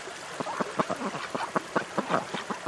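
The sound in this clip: Duck quacks in a rapid, uneven series of short, harsh notes, roughly several per second, with a faint hiss behind.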